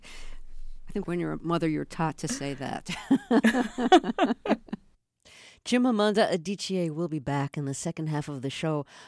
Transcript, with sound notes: I think when you're a mother, you're taught to say that.
(LAUGHTER)
Chimamanda Adichie will be back in the second half of the show.